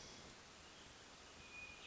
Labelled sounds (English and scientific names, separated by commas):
Hermit Thrush (Catharus guttatus)